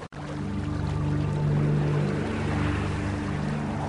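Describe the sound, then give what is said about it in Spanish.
A boat approaches the bank of the river Acheron, as told in The Divine Comedy: a steady low engine hum with droning tones over a continuous rushing wash of water, fairly loud and unbroken throughout. “Una barca se acercó entonces hasta la orilla.”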